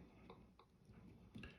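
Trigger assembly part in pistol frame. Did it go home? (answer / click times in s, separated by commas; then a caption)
partly / 1.4 s. An aftermarket Freedomsmith trigger part is pushed into a Canik SFX METE pistol frame, with soft taps and handling sounds at about 0.3 s and 0.6 s. Once the part is halfway in, a sharp click comes at 1.4 s from the spring with a black head on top, and the part is only partly installed.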